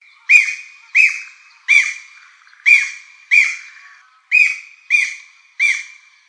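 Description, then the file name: Japanese green woodpecker giving harsh, loud calls, eight sharp notes at slightly uneven intervals, each starting abruptly and fading quickly, against a quiet background. Recorded on 3 May 2013. "aogera 130503"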